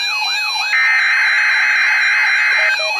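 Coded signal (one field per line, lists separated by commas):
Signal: Emergency Alert System (SAME) tones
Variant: header bursts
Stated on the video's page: Required Weekly Test from NOAA Weather Radio station KEC60 Milwaukee, Wisconsin.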